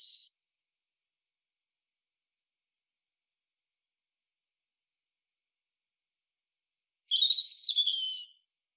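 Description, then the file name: European robin song: a brief high note at the start, then after a long pause a single hurried phrase of thin, tinkling notes. "Erithacus rubecula"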